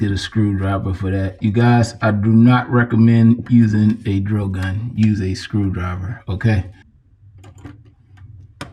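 During installation of a FORIOUS matte black bathroom faucet, someone talks for about the first 6.7 seconds, then a faucet component is handled by hand against its mount. Faint ticks are heard near 7.4 and 7.6 seconds, and a sharper tick at 8.6 seconds. The clip ends before the fitting snaps into place, so nothing has seated yet.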